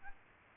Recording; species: mosquito wingbeat signal from an infrared sensor; Aedes aegypti